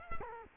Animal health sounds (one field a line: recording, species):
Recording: mosquito wingbeat signal from an infrared sensor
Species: Culex quinquefasciatus